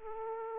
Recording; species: mosquito wingbeat signal from an infrared sensor; Aedes aegypti